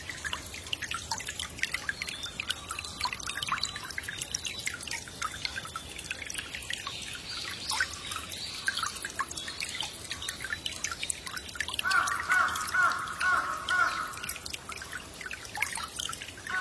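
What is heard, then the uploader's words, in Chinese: Water runs and trickles outdoors in a steady stream of small bright drips and splashes that never let up. Around twelve seconds a short run of five quick repeated chirping notes rises above the water, fading by fourteen seconds. 来自大自然的水流声。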